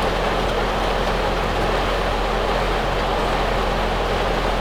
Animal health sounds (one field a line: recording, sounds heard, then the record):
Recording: poultry house recording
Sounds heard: no chicken sound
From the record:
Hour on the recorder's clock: 8